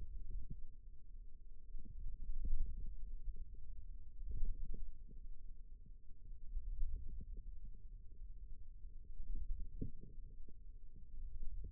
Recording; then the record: forearm muscle sounds (acoustic myography)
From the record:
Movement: wrist extension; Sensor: system 2, bracelet of six BSWA MPA416 microphones around the upper forearm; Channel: 4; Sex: female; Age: 22 years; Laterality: right